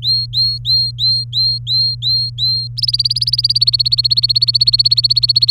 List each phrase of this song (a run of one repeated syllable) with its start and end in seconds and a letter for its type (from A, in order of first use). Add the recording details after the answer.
0.03-2.68 A, 2.77-5.50 B. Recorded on 23 April 2018 at 16:01. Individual llb3